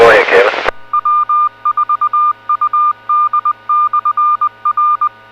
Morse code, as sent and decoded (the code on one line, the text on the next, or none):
.-- ....- ..- -.. -..-. .-.
W4UD/R